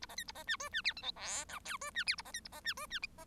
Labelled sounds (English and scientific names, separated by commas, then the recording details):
Bengalese Finch (Lonchura striata domestica) song
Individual Bird1